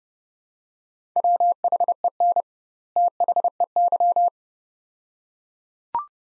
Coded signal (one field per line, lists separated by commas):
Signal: Morse code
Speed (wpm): 31 wpm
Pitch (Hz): 700 Hz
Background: none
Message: WHEN THEY